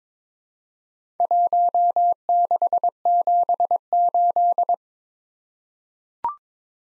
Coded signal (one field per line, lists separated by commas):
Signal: Morse code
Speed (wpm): 22 wpm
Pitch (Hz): 700 Hz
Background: none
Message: 1678